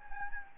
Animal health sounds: mosquito wingbeat signal from an infrared sensor; Anopheles gambiae

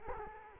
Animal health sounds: mosquito wingbeat signal from an infrared sensor; Culex quinquefasciatus

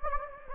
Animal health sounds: mosquito wingbeat signal from an infrared sensor; Anopheles gambiae

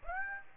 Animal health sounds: mosquito wingbeat signal from an infrared sensor; Aedes aegypti

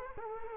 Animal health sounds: mosquito wingbeat signal from an infrared sensor; Culex quinquefasciatus

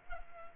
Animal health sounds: mosquito wingbeat signal from an infrared sensor; Culex pipiens

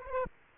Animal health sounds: mosquito wingbeat signal from an infrared sensor; Aedes aegypti

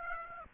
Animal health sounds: mosquito wingbeat signal from an infrared sensor; Aedes aegypti

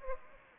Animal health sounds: mosquito wingbeat signal from an infrared sensor; Aedes aegypti

